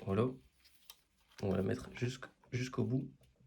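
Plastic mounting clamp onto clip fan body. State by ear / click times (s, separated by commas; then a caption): not seated / none. Someone talks while a plastic mounting clamp with a Secret Jardin logo is slid along the body of a clip fan toward its end, with a brief faint tick near 0.9 s. The clamp is not yet fully home, and nothing has seated or clicked yet.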